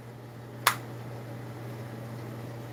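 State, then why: Seated. A gasket is pressed onto a mower engine part and gives one sharp snap at 0.7 s as it seats into place. A low steady hum runs underneath throughout.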